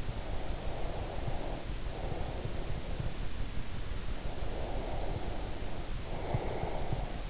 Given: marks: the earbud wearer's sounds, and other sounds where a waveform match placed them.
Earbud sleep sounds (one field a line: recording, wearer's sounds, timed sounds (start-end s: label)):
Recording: sounds in sleep by an in-ear microphone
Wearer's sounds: breath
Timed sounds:
0.00-2.91 s: breath
4.05-7.14 s: breath